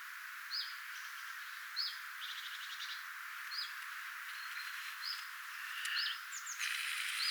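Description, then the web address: Common chiffchaff calls: a series of high, sharply dropping notes at irregular intervals over a constant background hiss. 2 October 2024; sound rendered as "vifviy". "2 10 2024 vifviy-tiltaltti"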